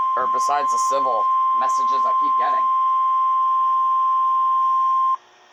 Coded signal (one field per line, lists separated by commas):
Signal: Emergency Alert System (SAME) tones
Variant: 1050 Hz attention tone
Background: speech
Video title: EAS 457 Winter Storm Warning for CO